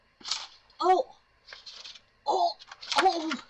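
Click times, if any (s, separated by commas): 0.3 s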